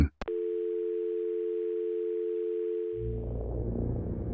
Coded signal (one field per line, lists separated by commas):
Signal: telephone call progress tone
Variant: North America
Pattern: dial tone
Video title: The Old Kitchen Phone